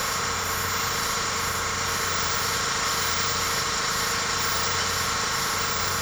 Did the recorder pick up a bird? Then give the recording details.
no. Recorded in secondary vegetation near Puerto Asís, Putumayo, Colombia, on 19 March 2025 at 03:00. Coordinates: 0.468, -76.324. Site G059